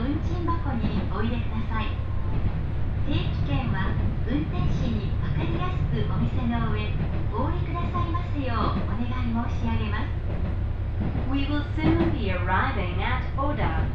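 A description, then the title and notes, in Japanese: Riding the Ibara Railway train from Sōun-no-Sato Ebara toward Sōja, a steady low rumble runs under the whole stretch without changing. A woman's voice talks almost continuously over it in short phrases, growing a little louder and brighter around twelve seconds. 耳で楽しむ鉄道旅 井原鉄道 早雲の里荏原→総社。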